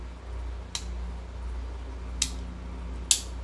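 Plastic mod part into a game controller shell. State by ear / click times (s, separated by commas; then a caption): seated / 3.1 s. A plastic eXtremeRate mod kit part is pressed into a PS5 DualSense controller shell over a low steady hum. Two sharp clicks at about 0.8 and 2.2 seconds lead up to the loudest snap at 3.1 seconds, when the part seats in place.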